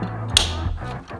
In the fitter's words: Hear that click?